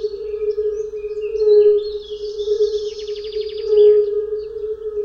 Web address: Tajemnice puszczy Kumak nizinny